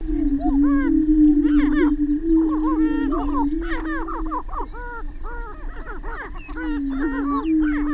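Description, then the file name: Greater prairie chickens boom in a steady low drone while loud arching cackles repeat often above it, with a faint constant high tone behind. Booming display of greater prairie chickens, recorded on 6 May 2005. "2005-05-06 Greater Prairie Chicken Booming"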